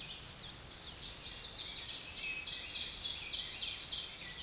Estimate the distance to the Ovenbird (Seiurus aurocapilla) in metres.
about 15 m